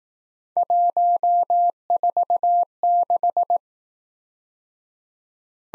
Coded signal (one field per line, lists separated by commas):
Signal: Morse code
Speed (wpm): 18 wpm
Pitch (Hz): 700 Hz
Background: none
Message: 146